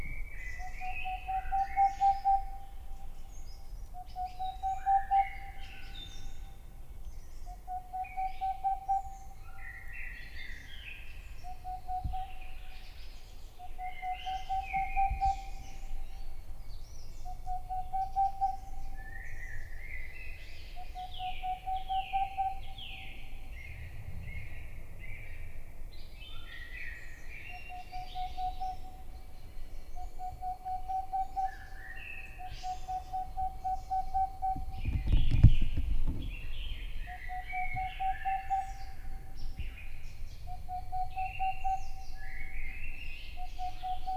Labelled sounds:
Boreal Owl

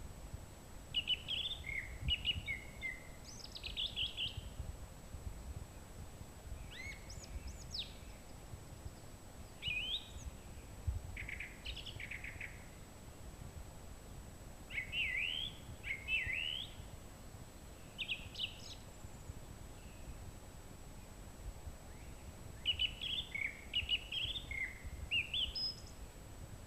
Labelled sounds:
Song Thrush song

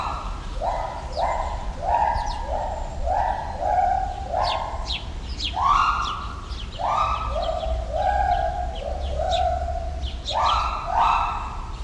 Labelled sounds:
Pileated Gibbon

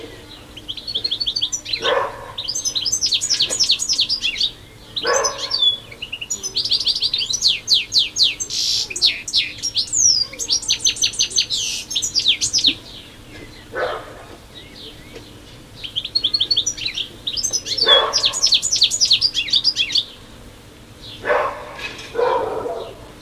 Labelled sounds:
European Goldfinch song

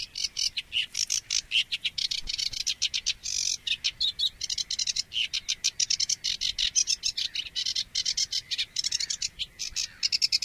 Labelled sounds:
Sedge Warbler song

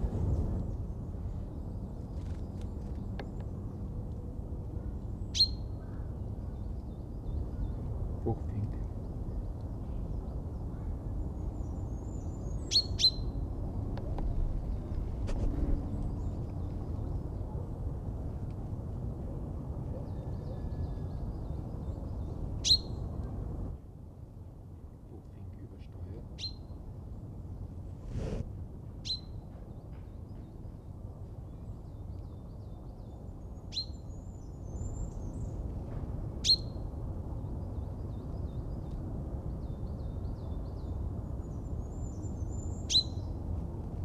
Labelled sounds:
Common Chaffinch call

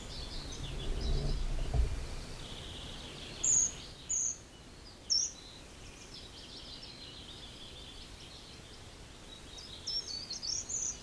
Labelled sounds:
Short-toed Treecreeper

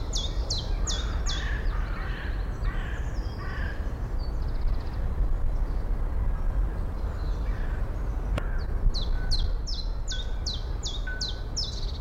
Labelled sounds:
Common Chiffchaff

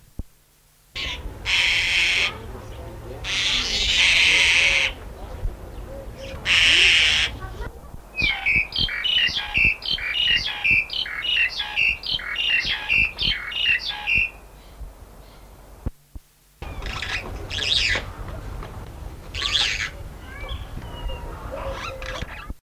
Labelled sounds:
Black-collared Starling

